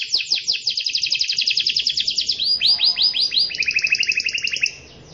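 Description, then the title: Canary song opening with a very fast rattling trill, then slower upswept whistles and a lower steady trill before it stops. Long continuous singing, described as luxurious cengkok (song variations) and gacor, singing actively. "Cengkok Kenari Mewah. Kenari gacor panjang"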